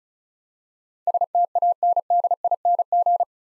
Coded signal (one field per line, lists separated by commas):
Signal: Morse code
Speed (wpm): 34 wpm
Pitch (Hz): 700 Hz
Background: none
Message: STANDING